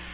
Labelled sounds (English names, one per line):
Black-throated Green Warbler flight call